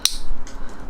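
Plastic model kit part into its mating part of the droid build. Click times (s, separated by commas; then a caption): 0.0 s. While a half-scale R2-D2 model kit is being assembled, a plastic part is slotted into its mating piece of the droid build and pushed home. A single sharp, bright snap sounds at 0.1 s, followed by low rumble and a few faint, soft noises around 0.5 s and 0.9 s. The part clicks into place and is seated.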